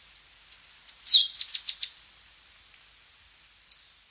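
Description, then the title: Tepui brush finch: a single brief song of a falling slur and four quick, high, evenly spaced notes, over a continuous thin buzzing tone. "LuckyPassaro Completos2Sama. Tepui Brush Finch (Atlapetes personatus)"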